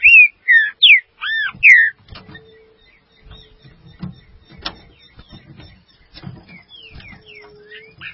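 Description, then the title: Green-winged saltator singing a short phrase of about five rich whistled notes, arched and falling, followed by faint clicks, tapping and a few soft whistles. "Trinca Ferro"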